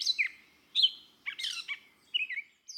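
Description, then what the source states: Gray Catbird song: a jumble of varied squeaky, scratchy and slurred phrases at high pitch, each short and different, with brief pauses between them; no other sounds. Song with a mischievous, bantering, half-ironical undertone; a mimic of the woods.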